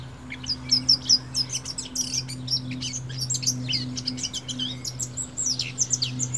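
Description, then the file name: Eurasian blackcap giving a busy run of high, sharp chirps and short warbled notes over a steady low hum. "Sylvia atricapilla"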